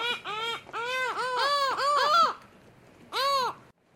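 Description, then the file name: Lava gull giving a string of loud, harsh arched calls for about two seconds, then a short pause and one final cry. "Canto da Gaivota da Lava"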